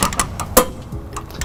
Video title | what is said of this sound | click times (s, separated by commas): 2009 Chevrolet Traverse - U-Haul Trailer Hitch Installation | soon as you hear that click you know we're at the correct torque | 0.6 s